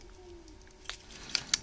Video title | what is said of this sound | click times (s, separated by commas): 8-Channel Relay Shift Register Adapter Board | right so that snaps right in there you can see it | 1.3 s, 1.5 s